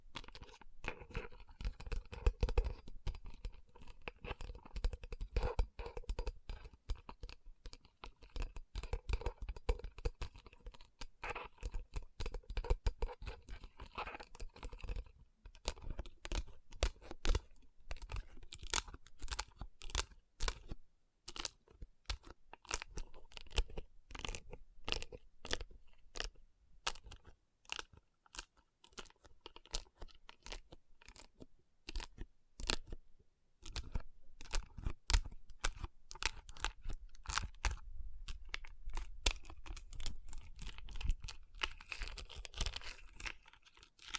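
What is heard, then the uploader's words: Dense, rapid tapping and rubbing on rhinestone-covered palms, crisp bright clicks with brief quieter pauses around 15 and 33 seconds. Tapping & Rubbing Rhinestone Covered Palms.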